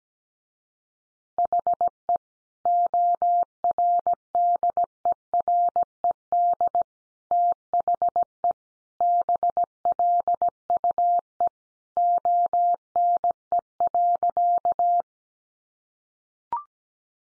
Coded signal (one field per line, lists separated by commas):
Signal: Morse code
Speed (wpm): 17 wpm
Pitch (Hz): 700 Hz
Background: none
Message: HE ORDERED THE BLUE ONE.